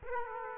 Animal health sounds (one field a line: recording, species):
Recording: mosquito wingbeat signal from an infrared sensor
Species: Aedes aegypti